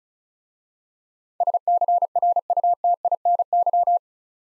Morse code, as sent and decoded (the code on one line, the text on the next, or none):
... -.-. .-. ..- - .. -. -.--
SCRUTINY